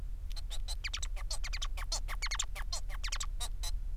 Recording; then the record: song of a male Bengalese finch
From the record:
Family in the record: son of father 4